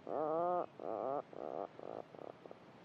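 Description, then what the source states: Atlantic Puffin burrow call: a deep groaning rattle broken into several pulses that grow shorter and fainter, ending in stuttering notes. Many birds in a honeycomb of burrows on Skellig Michael call and answer each other from below the surface with a deep, rolling, motorbike-like drone, then listen for a reply from their neighbour.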